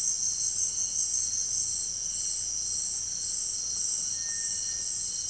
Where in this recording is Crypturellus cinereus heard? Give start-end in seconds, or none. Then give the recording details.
4.16-4.99. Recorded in dense forest near Puerto Asís, Putumayo, Colombia, on 4 March 2025 at 18:00. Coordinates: 0.481, -76.323. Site G088